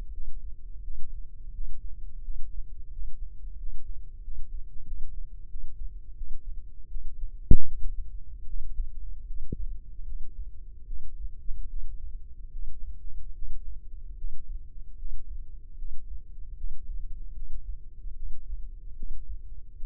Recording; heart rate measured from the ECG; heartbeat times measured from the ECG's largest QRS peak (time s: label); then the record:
heart sounds by microphone in the left ear; 79 bpm
0.12 s: heartbeat
0.82 s: heartbeat
1.52 s: heartbeat
2.22 s: heartbeat
2.90 s: heartbeat
3.57 s: heartbeat
4.22 s: heartbeat
4.85 s: heartbeat
5.48 s: heartbeat
6.15 s: heartbeat
6.89 s: heartbeat
7.66 s: heartbeat
8.46 s: heartbeat
9.25 s: heartbeat
10.05 s: heartbeat
10.86 s: heartbeat
11.68 s: heartbeat
12.51 s: heartbeat
13.34 s: heartbeat
14.16 s: heartbeat
14.97 s: heartbeat
15.77 s: heartbeat
16.56 s: heartbeat
17.34 s: heartbeat
18.14 s: heartbeat
18.95 s: heartbeat
19.76 s: heartbeat
From the record:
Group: healthy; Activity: Valsalva maneuver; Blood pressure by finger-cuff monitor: 77/67 mmHg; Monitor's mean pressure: 70 mmHg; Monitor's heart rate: 75 bpm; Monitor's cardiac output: 5.2 L/min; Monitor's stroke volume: 70 mL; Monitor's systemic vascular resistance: 960 dyn s/cm5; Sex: female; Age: 19 years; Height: 163 cm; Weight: 48.9 kg